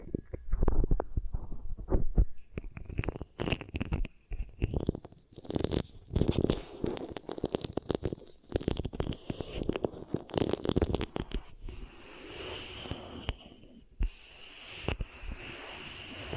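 Beeswax ear triggers: soft squishing and sticky crackling pressed and rubbed in quick, irregular bursts, with sharp clicks and pops scattered throughout. The sounds are dense and mostly muffled and low, with brief sizzling hiss. Near the end the rubbing turns steadier and quieter.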